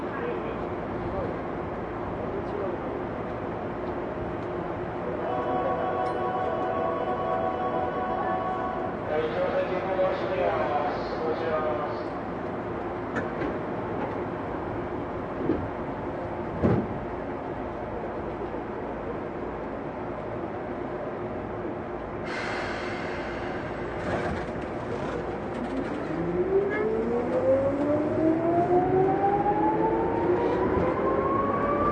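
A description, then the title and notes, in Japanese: A Tokyu 8500 series train rolls along with a steady low rumble and rattle throughout. A brief tone sequence sounds around five to nine seconds, a sharp knock comes near sixteen seconds, and from about twenty-five seconds a rising motor whine climbs as the train speeds up. 東急8500系 表参道〜あざみ野。東京メトロ→東急区間の録音です。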